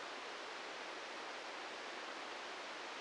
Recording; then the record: brain microelectrode recording played as sound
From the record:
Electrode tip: inside the subthalamic nucleus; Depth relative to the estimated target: -3 mm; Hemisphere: right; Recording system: NeuroSet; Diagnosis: Parkinson's disease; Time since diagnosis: 13 years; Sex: male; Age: 65 years